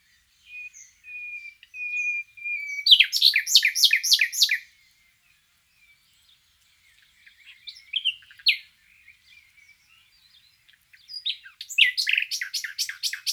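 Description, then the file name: Common nightingale song: quiet whistles, then loud fast repeated chirping phrases, a pause, softer varied notes, and another rapid burst. "Luscinia megarhynchos"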